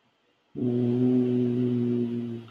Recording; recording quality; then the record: sustained vowel as in boot; excellent, no background noise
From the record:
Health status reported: healthy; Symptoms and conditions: none ticked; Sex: male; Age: 34 years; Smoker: not ticked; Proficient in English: yes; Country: India